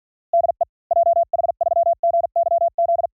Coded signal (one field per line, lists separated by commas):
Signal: Morse code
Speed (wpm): 50 wpm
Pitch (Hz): 680 Hz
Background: none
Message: DE JH3GYZ